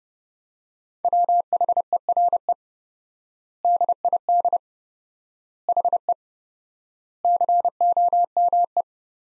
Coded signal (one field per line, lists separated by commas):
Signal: Morse code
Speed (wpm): 30 wpm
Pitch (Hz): 700 Hz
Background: none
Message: WHERE DID HE COME